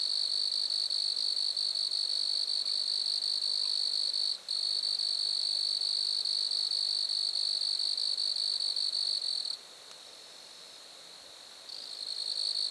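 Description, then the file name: Grasshopper buzzing in a high, fast-pulsed trill, with a short break early on and a longer silence later before the buzz restarts. Lac-à-François, Montcerf-Lytton, Quebec, Canada. "criquets-grasshoppers- -lac-acc 80-franccca 7 ois-montcerf-lytton-quecc 81 bec-canada"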